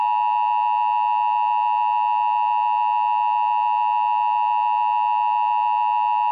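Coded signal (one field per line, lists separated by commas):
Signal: Emergency Alert System (SAME) tones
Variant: 853 and 960 Hz attention tone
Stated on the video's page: Mock alert about anomalous creatures in California, made on request.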